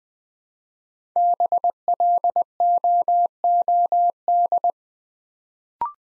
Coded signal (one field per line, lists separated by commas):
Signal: Morse code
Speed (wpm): 20 wpm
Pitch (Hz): 700 Hz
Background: none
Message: BLOOD